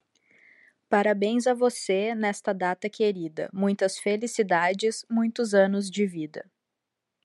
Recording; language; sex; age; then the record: short text; Brazilian Portuguese; female; 30 to 39 years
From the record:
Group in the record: control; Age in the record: 32 years